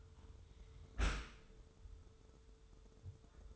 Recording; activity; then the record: daily activity, microphone in the room; close dishwasher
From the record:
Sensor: 3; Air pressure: 1014.9 hPa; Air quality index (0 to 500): 28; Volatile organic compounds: 1 ppm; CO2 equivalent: 521 ppm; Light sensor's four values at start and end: 11/26/11/10 and 11/26/11/10